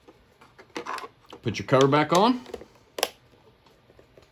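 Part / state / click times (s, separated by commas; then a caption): front cover onto video doorbell body / seated / 3.0 s. Someone talks as the plastic front cover is pressed back onto a Ring Pro original (Ring Pro 1) video doorbell with heatsink, mounted on vinyl siding, after its screws are tightened into the mount. A sharp click sounds at 3.0 s, with a second at 3.0 s, as the cover snaps into place and seats.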